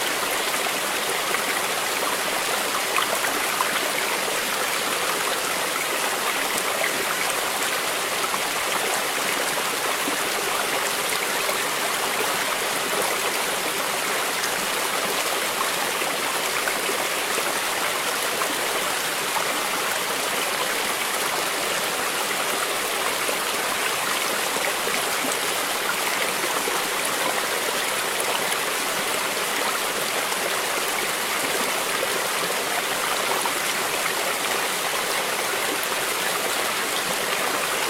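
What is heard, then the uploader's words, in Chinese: A stream babbles and gurgles without pause, its rushing water dense and even from start to finish. The sound is bright and hissing, full in the upper range with little low rumble. Nothing else breaks through. 溪流淙淙。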